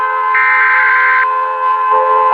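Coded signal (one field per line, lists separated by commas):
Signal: Emergency Alert System (SAME) tones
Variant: header bursts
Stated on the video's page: Fictional analog horror EAS scenario, a simulated alert.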